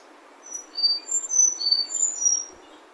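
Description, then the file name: Sakhalin leaf warbler singing a short series of very high, thin notes that alternate up and down in pitch, lasting about two seconds, with faint background noise. Recorded at Kitamoto, Japan, 28 April 2021. "エゾムシクイ 210428 北本市"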